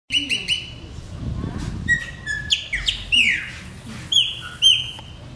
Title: Passaro Preto